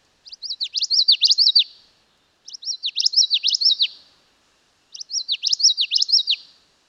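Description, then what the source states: Common yellowthroat song, a high, rhythmic phrase of repeated rollicking notes, given three times about every two and a half seconds with silent gaps between. Song heard commonly in woods and open areas of Chimacum Ridge.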